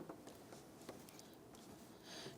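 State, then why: Seated. A wiring harness electrical connector with a plastic housing is lined up and pushed onto a new EGR valve vacuum modulator on a 1994-2004 Ford Mustang. Faint taps come at about 0.1 s and 0.9 s, then short sharp ticks at 1.1 s and 1.2 s. The connector snaps into place and is seated at 1.2 s.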